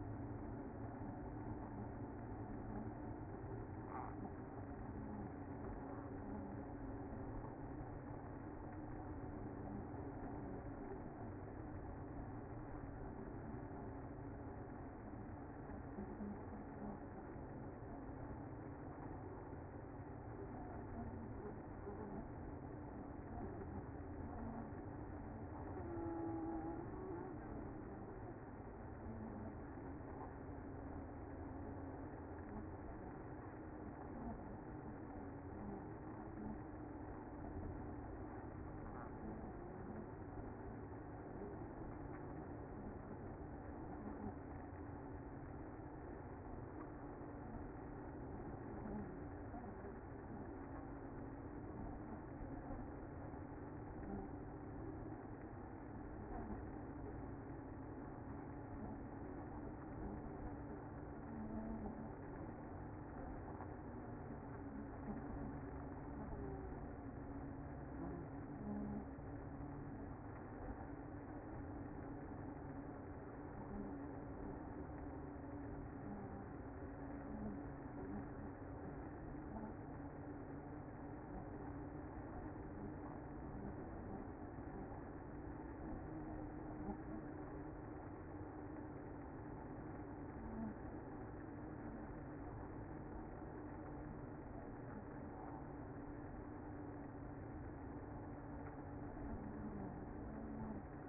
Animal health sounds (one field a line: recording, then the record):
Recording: honeybee colony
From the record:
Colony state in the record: active